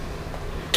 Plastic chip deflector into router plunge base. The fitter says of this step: and it just snaps right in